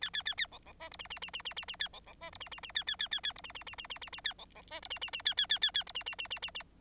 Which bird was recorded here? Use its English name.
Bengalese Finch